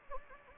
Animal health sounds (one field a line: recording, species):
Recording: mosquito wingbeat signal from an infrared sensor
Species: Anopheles gambiae